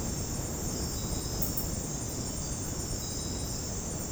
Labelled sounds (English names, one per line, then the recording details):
none
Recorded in dense forest near Puerto Asís, Putumayo, Colombia, on 21 February 2024 at 02:00
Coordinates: 0.486, -76.316
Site G6437